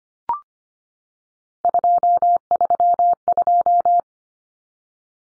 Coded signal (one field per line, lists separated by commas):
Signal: Morse code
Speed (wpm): 25 wpm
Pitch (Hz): 700 Hz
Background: none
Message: 232